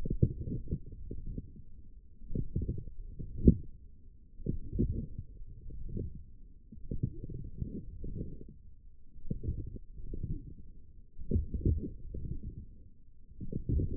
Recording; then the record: forearm muscle sounds (acoustic myography)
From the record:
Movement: forearm pronation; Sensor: system 1, eight BSWA MPA416 microphones around the upper forearm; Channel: 2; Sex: male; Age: 42 years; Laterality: right